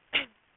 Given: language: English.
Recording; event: throat vibration sensor signal played as sound; cough